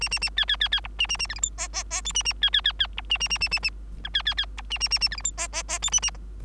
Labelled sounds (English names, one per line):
Bengalese Finch song